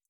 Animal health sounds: hydrophone in a shrimp aquaculture tank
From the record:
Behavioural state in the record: stressed

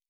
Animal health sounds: hydrophone in a shrimp aquaculture tank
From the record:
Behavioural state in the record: normal

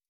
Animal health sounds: hydrophone in a shrimp aquaculture tank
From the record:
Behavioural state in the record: stressed

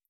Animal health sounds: hydrophone in a shrimp aquaculture tank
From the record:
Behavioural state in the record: stressed

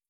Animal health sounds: hydrophone in a shrimp aquaculture tank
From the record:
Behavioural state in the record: feeding

